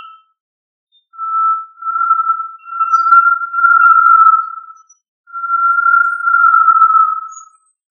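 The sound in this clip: Tinamou producing drawn-out, clear whistles on a single pitch, a brief note, a silence, then two long wavering phrases split by a short gap.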